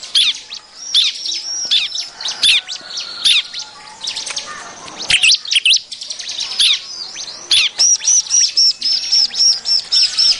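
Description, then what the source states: Bar-winged prinia calls: dense, sharp chirps and downslurred notes packed closely together, ending in a quicker series of evenly spaced high whistled notes. Busy, noisy calling used as a lure for catching birds.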